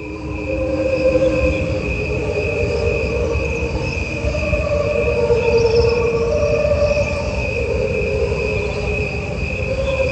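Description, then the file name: Crickets trilling in a dense, unbroken chorus of ringing tones, steady in pitch and loudness throughout. "grilos"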